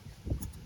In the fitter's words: and push down go click into place and then get the other one orientation that goes in